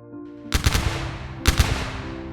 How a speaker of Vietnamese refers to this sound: tiếng súng CKC vang lên. Từng loạt đạn được bắn ra và găm thẳng vào người bọn chúng.